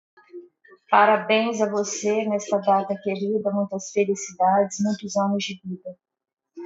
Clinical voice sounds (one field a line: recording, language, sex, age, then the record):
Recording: short text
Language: Brazilian Portuguese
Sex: female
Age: 40 to 49 years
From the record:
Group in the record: control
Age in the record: 43 years